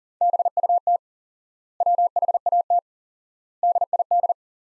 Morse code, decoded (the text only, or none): BUT WHAT DID